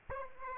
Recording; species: mosquito wingbeat signal from an infrared sensor; Aedes aegypti